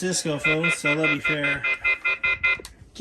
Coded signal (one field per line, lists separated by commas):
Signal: telephone call progress tone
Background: speech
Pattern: off-hook warning tone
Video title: Antique French Style Rotary Phone VS Cisco VoIP Phone System